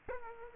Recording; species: mosquito wingbeat signal from an infrared sensor; Aedes aegypti